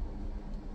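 A windshield mount bracket is being fitted onto the plastic body of a 70mai Dash Cam M500 during unboxing. Only a steady, broadband low-frequency rumble is heard, with no sharp transients. Nothing has seated or clicked yet.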